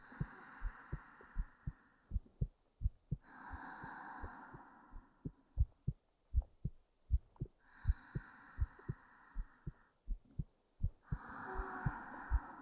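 Steady low heartbeat thumps from an adult heart at about 79 a minute, heard close up, with a soft breath-like hiss coming and going behind them.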